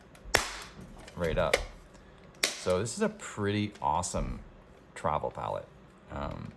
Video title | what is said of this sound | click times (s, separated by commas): E10 - Palettes | and they click right in the place and this whole thing really just seals | 0.4 s